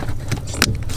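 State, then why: Seated. The second plastic connector of a Pedal Commander throttle controller harness is pushed into the vehicle's pedal wiring harness under the dash, against a steady low rumble. A sharp click at 0.6 s marks the connector seating, with a fainter knock at about 0.3 s and a thud near 1.0 s. The connector is plugged in.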